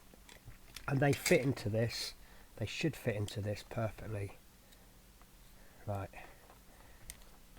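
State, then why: Seated. A micro drill bit or attachment is fitted into a small rotary tool while someone talks. One sharp click is heard at 7.1 seconds as the attachment locks into place.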